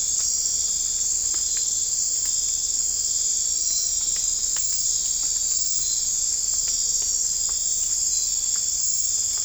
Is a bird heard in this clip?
no